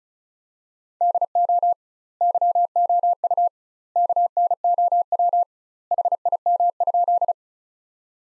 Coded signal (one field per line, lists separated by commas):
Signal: Morse code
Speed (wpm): 35 wpm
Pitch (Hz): 700 Hz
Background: none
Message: DO YOU KNOW HIM?